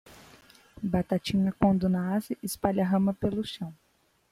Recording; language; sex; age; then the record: short text; Brazilian Portuguese; female; 20 to 29 years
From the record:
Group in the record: control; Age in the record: 20 years